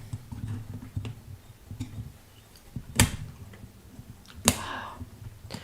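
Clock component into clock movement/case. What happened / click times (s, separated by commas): The clock part is being handled and has not yet seated / none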